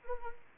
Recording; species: mosquito wingbeat signal from an infrared sensor; Anopheles arabiensis